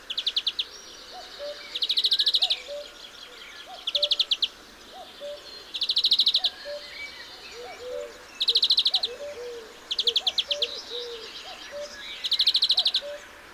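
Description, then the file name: European greenfinch: repeated bursts of rapid chattering notes from a European greenfinch over a steady scatter of soft, low whistles from another bird. "Chloris chloris"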